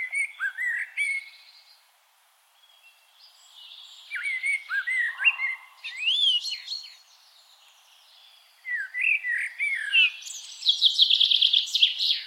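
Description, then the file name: Common blackbird song of varied fluty whistled phrases, some rising and falling, separated by short pauses and ending with a high, squeaky trill. "Turdus merula"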